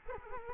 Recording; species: mosquito wingbeat signal from an infrared sensor; Culex quinquefasciatus